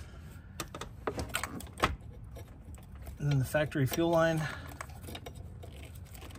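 Someone handles the factory fuel supply line's quick-connect coupling at the fuel rail fitting on a 2017 F150 Coyote engine, producing a series of short sharp taps and knocks while someone talks. Nothing has seated or clicked yet.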